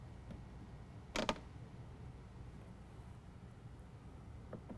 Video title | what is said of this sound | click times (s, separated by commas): How to Install S&B Cold Air Intake on a 2017 Ford F-150 Ecoboost | then one through the bottom and then they're going to clip together and lock into place we're | 1.2 s, 1.3 s